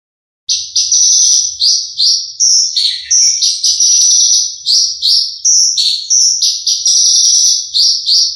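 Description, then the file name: Horsfield's bush lark in sustained high song of repeated chirps and short buzzy phrases, starting after a brief silence. Bird named Mercy, owned by Om Donny. "audio branjangan mercy milik om donny marga omkicau com"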